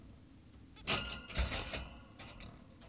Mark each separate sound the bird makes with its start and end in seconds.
0.77-0.82